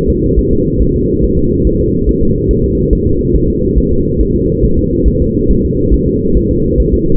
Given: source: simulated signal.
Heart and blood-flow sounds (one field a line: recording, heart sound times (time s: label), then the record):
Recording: fetal heart sounds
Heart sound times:
0.10 s: S2
0.39 s: S1
0.53 s: S2
0.82 s: S1
0.96 s: S2
1.24 s: S1
1.39 s: S2
1.67 s: S1
1.81 s: S2
2.09 s: S1
2.23 s: S2
2.51 s: S1
2.65 s: S2
2.93 s: S1
3.07 s: S2
3.36 s: S1
3.50 s: S2
3.78 s: S1
3.93 s: S2
4.21 s: S1
4.36 s: S2
4.64 s: S1
4.79 s: S2
5.08 s: S1
5.22 s: S2
5.51 s: S1
5.65 s: S2
5.94 s: S1
6.08 s: S2
6.37 s: S1
6.51 s: S2
6.80 s: S1
6.94 s: S2
From the record:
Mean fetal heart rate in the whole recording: 140 bpm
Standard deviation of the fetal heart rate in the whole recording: 2 bpm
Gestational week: 34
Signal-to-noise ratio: -15.3 dB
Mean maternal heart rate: 72 bpm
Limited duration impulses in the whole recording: present